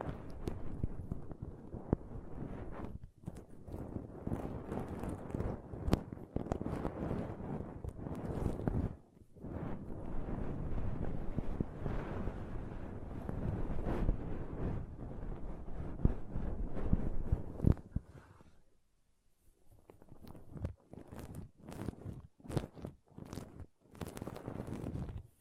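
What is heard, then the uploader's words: Soft pom poms are rubbed and squished in dense, crackly rustling bursts that run almost continuously, with brief pauses near 9 and 18 seconds. After about 20 seconds the handling becomes quieter and sparser, breaking into separate short crinkles and brushes. ASMR Ultimate Pom Pom Tingles (No Talking).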